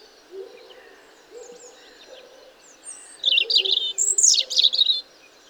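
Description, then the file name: European robin song: after a quiet start, a bright burst of high, fast, jumbled twittering lasting about two seconds. "Erithacus rubecula"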